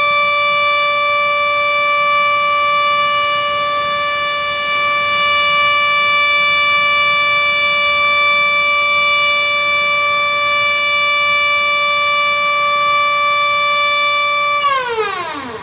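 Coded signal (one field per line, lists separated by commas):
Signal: siren signal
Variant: Japanese dam discharge siren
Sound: one long steady siren wail, about 14 seconds, then winding down in pitch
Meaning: Warning that the dam is making an emergency water release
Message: 1 long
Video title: ダム放流サイレン音 緊急放流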